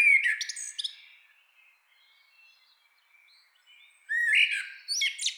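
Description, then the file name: Common blackbird song: a fluty phrase trailing off into a squeaky end, a quiet pause, then a new mellow warbled phrase starts. "Turdus merula"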